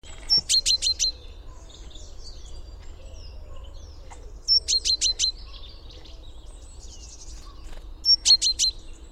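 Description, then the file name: Great tit calls: three short bursts of four or five rapid, high, metallic notes, about every four seconds, over a steady low rumble and faint background chirps. "Parus major"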